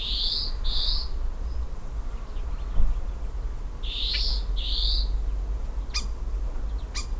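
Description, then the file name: European greenfinch giving buzzy wheezes, two pairs of slightly rising notes, then two sharp ticks, over a steady low rumble. "Chloris chloris"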